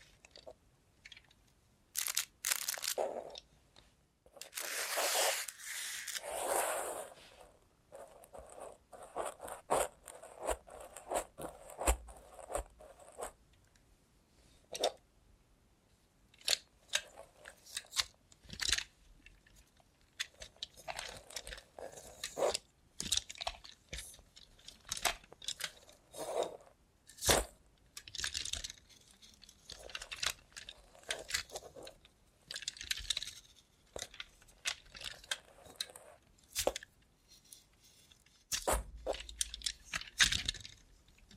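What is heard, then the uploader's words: ASMR sounds with a robot hand: a steady run of short, crisp clicks, taps and scrapes, irregular but dense throughout. A long bright rustling burst near five seconds stands out, and a faint high whine runs from about seven to thirteen seconds. Try ASMR with a Robot Hand (No Talking).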